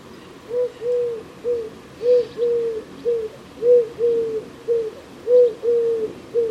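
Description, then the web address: Bird giving a series of low, soft hooting notes, some short and some longer and drawn-out. "Deverinetal 2025 File origin Bird Only"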